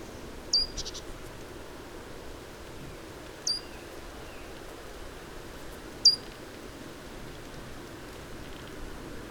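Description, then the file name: Great tit giving three sharp, high single notes spaced a few seconds apart, the first with a brief buzzy tail, over steady background hiss. "Parus major"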